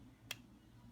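A part from a pistol trigger kit is pushed into the pistol frame during a trigger job. A single short, sharp click is heard at 0.3 s over a low background hum. The part seats in place and is confirmed good to go.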